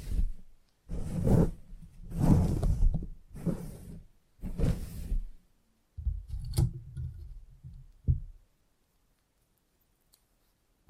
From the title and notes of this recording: Salon Haircut Head Massage, Scissors and Clipper.